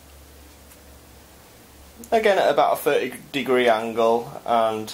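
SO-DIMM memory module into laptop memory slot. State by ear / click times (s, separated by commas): not seated / none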